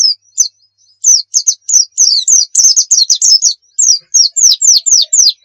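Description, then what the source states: White-eye singing a fast string of high, sharp downslurred notes, starting sparse then running into a continuous twittering chatter of repeated chirps. Muria-type white-eye (pleci Muria) singing actively (gacor); masteran recording meant for training pet birds to sing.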